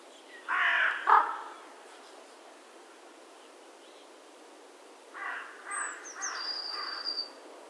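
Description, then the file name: Carrion crow giving a pair of rough caws, then softer repeated caws after a pause, with a thin high whistle from another bird near the end. "Corvus corone"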